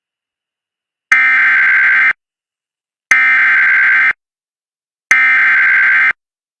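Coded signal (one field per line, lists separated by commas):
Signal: Emergency Alert System (SAME) tones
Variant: header bursts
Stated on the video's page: Real US alerts: severe thunderstorm, tornado and flash flood emergency warnings plus required monthly and weekly tests.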